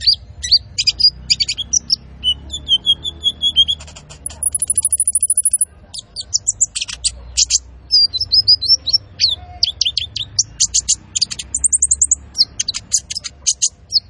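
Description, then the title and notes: Van Hasselt's sunbird singing a varied medley of high chips, short trills and a long thin very high whistle, delivered in lively rapid bursts. Masteran training recording for cage birds, also used as a lure; full song with fills (isian) and rapid bursts (tembakan); bird singing vigorously (gacor). "MASTERAN KOLIBRI NINJA FULL ISIAN DAN TEMBAKAN COCOK BUAT PANCINGAN. Suara Burung Kolibri Ninja Gacor"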